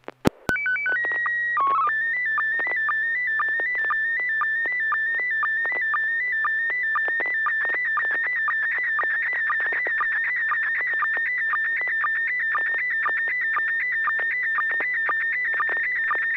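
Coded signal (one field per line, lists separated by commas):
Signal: SSTV (slow-scan television)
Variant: PD 120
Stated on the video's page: SSTV net on an FM repeater at 441.300 MHz, Sacramento, Wednesdays 9 pm Pacific; images sent with MMSSTV.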